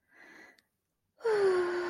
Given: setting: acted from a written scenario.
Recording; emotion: vocal sound without words; serenity